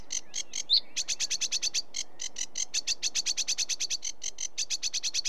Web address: BBC Sound Effects Library. Sedge Warbler